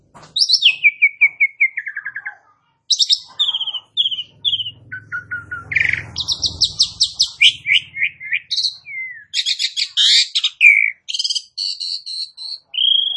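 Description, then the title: Asian pied starling singing a long, busy sequence of rattling trills, descending whistle series and scratchy chatters, almost without a break, over a faint low hum. "Bunyi Jalak Suren"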